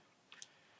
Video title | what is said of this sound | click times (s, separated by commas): Landscape Photography: 5 MUST HAVE ACCESSORIES (And An Epic Sunset Timelapse) | and it's super easy to just pop this out | 0.3 s, 0.4 s